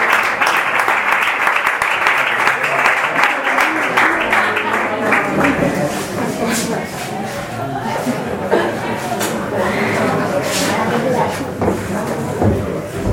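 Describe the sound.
A crowd breaks into steady, loud applause, a dense crackle of many hands clapping that holds for over ten seconds, with a few voices mixed in beneath it.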